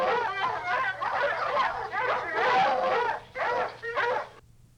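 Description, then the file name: Dog barking chorus: several dogs bark over one another in dense bursts, stopping abruptly near the end. Many dogs. "Lots of Dogs Barking"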